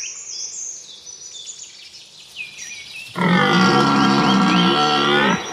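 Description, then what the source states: Deer giving a loud, harsh rutting bellow with rich harmonics, starting abruptly after about three seconds and holding steady. Deer in autumn rut in a European forest.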